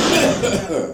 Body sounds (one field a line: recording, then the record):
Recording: coughing mixed with background sound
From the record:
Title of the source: Residual Phlegmy Morning Coughing and Gagging